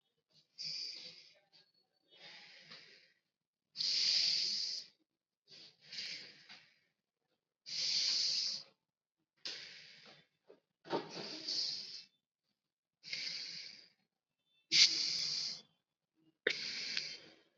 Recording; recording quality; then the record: deep breathing; excellent, no background noise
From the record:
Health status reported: COVID-19 positive, mild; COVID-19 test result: positive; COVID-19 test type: RT-PCR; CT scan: not taken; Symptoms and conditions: cough, fever, fatigue, muscle pain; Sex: female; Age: 19 years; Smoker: no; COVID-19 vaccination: both doses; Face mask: worn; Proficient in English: yes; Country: India